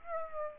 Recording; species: mosquito wingbeat signal from an infrared sensor; Aedes aegypti